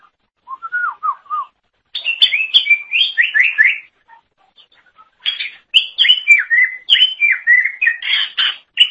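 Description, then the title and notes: Leafbird song opening with a few lower whistles, then fast, bright phrases of slurred notes and chatter, repeated after a short pause. Cucak ijo song. "Suara Kicauan Burung Cucak Ijo"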